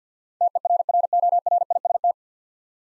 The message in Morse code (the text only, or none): TERRORIST